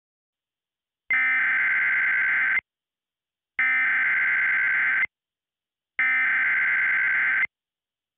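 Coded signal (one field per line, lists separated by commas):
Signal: Emergency Alert System (SAME) tones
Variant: header bursts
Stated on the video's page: Fictional East Coast tsunami EAS alert made as a gift.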